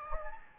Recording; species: mosquito wingbeat signal from an infrared sensor; Anopheles gambiae